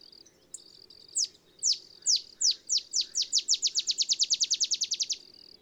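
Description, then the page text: Olive sparrow song of spaced, bright chips that quicken steadily into a fast, even trill lasting several seconds. Simple songs like a field sparrow's bouncing-ball song, though less mellow; early morning in Texas, 50 miles north of the Mexican border. "Olive sparrow. Recording early morning just 50 miles north of the Mexican border in Texas"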